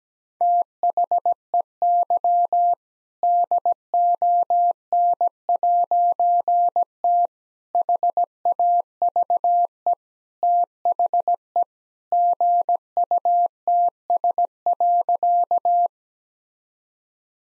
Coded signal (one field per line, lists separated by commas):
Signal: Morse code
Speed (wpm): 17 wpm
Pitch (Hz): 700 Hz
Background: none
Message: THEY DON'T HAVE THE GUTS.